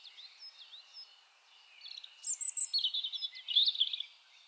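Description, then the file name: European robin song: soft thin notes at first, then a loud, fast sequence of high jingling chirps and trills in the second half. "Erithacus rubecula"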